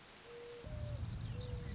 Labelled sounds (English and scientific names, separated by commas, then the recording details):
Mourning Dove (Zenaida macroura)
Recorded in Sonoma County, California